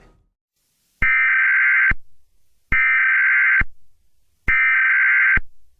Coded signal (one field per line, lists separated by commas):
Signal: Emergency Alert System (SAME) tones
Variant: header bursts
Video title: Eas Scenario - Arachnodemon TZXK - 29173 annihilation (My first EAS Scenario video)